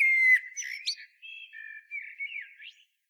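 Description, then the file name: Common blackbird singing a quick phrase: a clear whistle, a squeaky flourish, then soft, wavering fluted notes. "Turdus merula"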